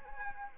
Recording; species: mosquito wingbeat signal from an infrared sensor; Anopheles arabiensis